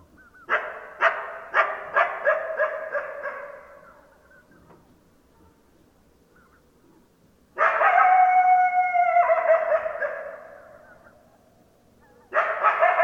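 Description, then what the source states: Coyote barking and howling: a run of sharp, repeated barks trailing off, a pause, then a loud wavering howl with a harsh edge, and another bark burst at the end. Several coyotes, recorded 10 December 2012.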